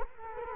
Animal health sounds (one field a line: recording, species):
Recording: mosquito wingbeat signal from an infrared sensor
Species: Culex quinquefasciatus